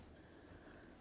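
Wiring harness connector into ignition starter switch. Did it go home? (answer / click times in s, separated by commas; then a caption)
no / none. A wiring harness connector is handled as it is brought to a new ignition starter switch on a 2003-07 Chevy Silverado, with only a steady low rustle and background hum. Nothing has seated or clicked yet.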